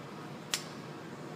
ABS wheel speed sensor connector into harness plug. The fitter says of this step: until it clicks like that